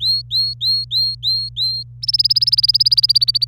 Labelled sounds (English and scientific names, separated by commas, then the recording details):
Domestic Canary (Serinus canaria) song
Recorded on 25 April 2018 at 16:15
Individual llb3